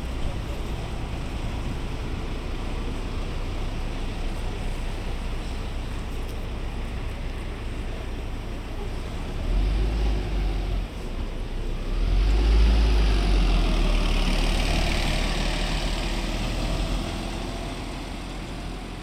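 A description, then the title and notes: A busy bus stop with a steady bed of traffic rumble and a low engine hum throughout. Around ten seconds a heavy vehicle is heard, and from twelve seconds a bus passes, loud and hissing, before fading toward the end. The recordings were captured using a binaural microphone between January and April 2022. Tweeting birds and busy bus stops.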